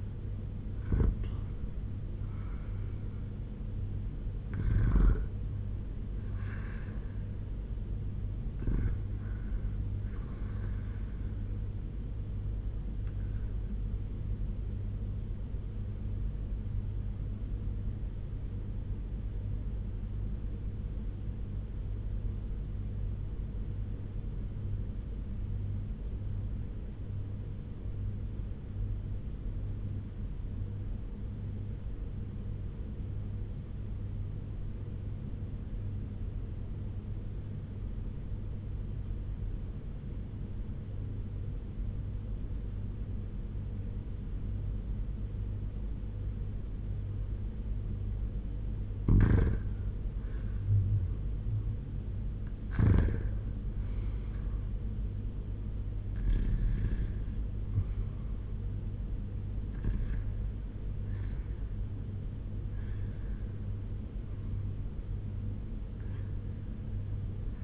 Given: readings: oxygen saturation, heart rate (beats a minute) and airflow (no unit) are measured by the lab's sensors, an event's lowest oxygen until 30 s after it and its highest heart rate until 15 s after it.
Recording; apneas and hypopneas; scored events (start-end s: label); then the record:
breathing in sleep by a smartphone at the bedside; 1
18.00-50.20 s: obstructive apnea (REM, oxygen 98% highest, then 89% lowest, heart rate 88 at the start, 94 highest)
From the record:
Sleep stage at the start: REM sleep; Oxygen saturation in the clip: 85 to 98%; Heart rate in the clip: 84 to 96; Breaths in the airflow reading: 9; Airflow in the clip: -8.8 to 7.4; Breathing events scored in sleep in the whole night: 201 in 6.5 hours asleep